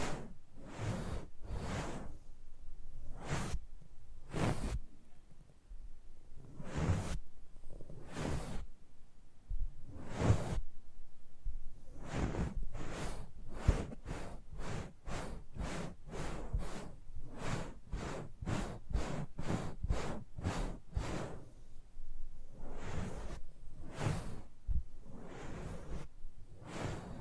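ASMR close-up mic treatment: a series of soft swishing brushes and rubs pass over the microphone, each a quick sweep from deep rumble up to airy hiss. They come unevenly, roughly one per second, bunching faster midway and near the end, over a low steady murmur.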